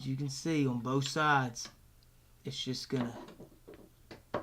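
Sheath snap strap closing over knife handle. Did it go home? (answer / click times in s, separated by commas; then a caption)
yes / 4.3 s. A snap strap on a plastic sheath is closed over the blade of a black HOSANA tactical fixed-blade karambit knife while someone talks. After a few faint ticks, a sharp snap at 4.3 s marks the strap seating firmly in place.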